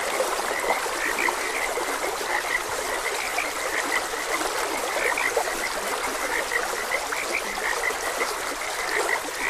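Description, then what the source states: Frogs give frequent short croaks over the constant rush of flowing water. Frogs croaking beside a gentle stream; continuous nature ambience.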